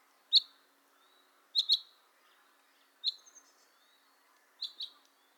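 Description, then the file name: Common chaffinch calls: short sharp high notes, some single and some in quick pairs, given about every second and a half against a quiet background. "Fringilla coelebs"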